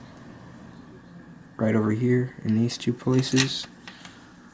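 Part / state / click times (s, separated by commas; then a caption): plastic toy tabs into slots on body / seated / 3.9 s, 4.0 s. Plastic tabs on a Titans Return Leader Class Soundwave toy are pushed into slots on its body in two places while converting it to base mode. Someone talks over a quiet background, then two small clicks are heard at 3.9 s and 4.1 s. The tabs seat in the slots.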